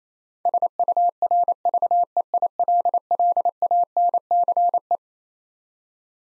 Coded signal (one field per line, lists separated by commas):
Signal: Morse code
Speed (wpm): 28 wpm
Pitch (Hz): 700 Hz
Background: none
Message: SURVEILLANCE